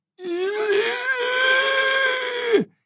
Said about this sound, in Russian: Дико, на грани инфразвука, отчего даже меня пробрал первобытный ужас, закричал, завизжал призрак.